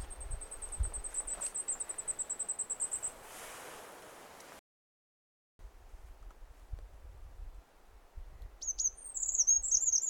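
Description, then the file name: Eurasian wren: a thin, even, very high ticking series for about three seconds, then a gap, with a fast high trill near the end. "Troglodytes troglodytes"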